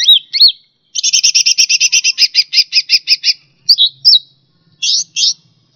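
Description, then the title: Bird singing: a few slurred opening notes, then a rapid run of many high chirps, then slurred whistled notes and two short buzzy bursts. "SuaraBurung Kicau"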